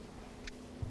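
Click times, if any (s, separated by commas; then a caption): 0.5 s. A modular power cable connector, clip facing down, is pushed into the next socket over on a power supply. A short, sharp click is heard at 0.5 s as it seats, over a low steady hum, followed by a low thump near the end.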